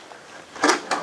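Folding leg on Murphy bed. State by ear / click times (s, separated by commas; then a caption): seated / 0.6 s, 0.9 s. A folding leg on a Murphy bed in a 2020 Winnebago View/Navion is opened and locks into place. Two sharp clicks are heard at 0.6 s and 0.9 s, the first followed by a brief rattling clatter, and the leg is seated.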